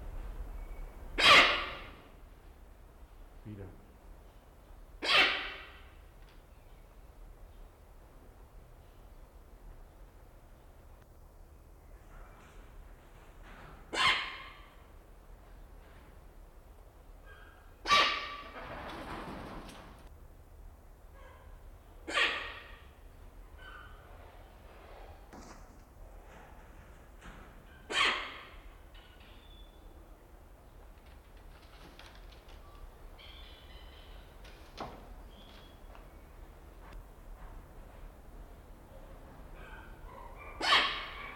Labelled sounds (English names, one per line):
Blyth's Hornbill